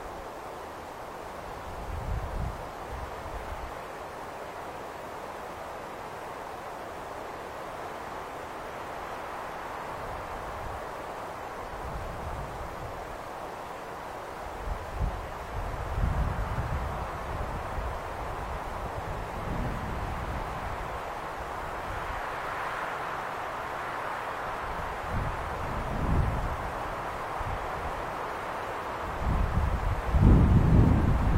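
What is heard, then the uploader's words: Wind blows steadily over a high lookout, a constant rushing hiss filling the mid range. Low gusts thump and buffet the microphone every few seconds, heaviest around 15–20 seconds and again near the end, when the roar briefly swells louder. Standing on a high place overlooking the fairyland of Xuefeng, listening to the whistling wind.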